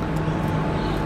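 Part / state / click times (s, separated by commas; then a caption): folding blade of a keychain utility key tool locking into its closed position / not seated / none. The folding blade of a small metal keychain utility key tool, a Swiss Tech utility key, is being handled as it is closed toward its locked position. Only a steady, low, vehicle-like rumble with a faint hum is heard throughout, with no sharp hits. Nothing has seated or clicked yet.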